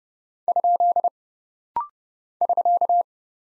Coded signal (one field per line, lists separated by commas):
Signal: Morse code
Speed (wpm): 30 wpm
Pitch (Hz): 700 Hz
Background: none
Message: ? <SK>